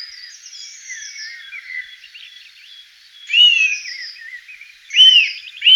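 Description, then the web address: Eurasian nuthatch giving loud, curved whistled notes, three of them in the second half, over quieter high twittering. Recorded in 2004. "singvoegel. gesang. roche 2004 kleiber"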